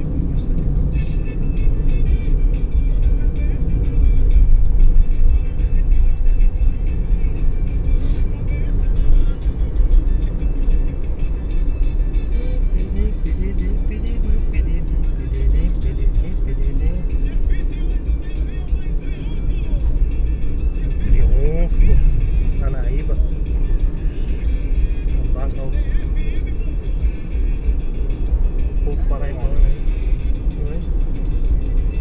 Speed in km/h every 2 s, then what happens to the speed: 61, 63, 66, 68, 70, 70, 66, 61, 58, 57, 58, 59, 59, 59, 60, 62.
0-7 speeds up to 70. 10-17 slows to 57. 17-32 steady at about 59.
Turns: none.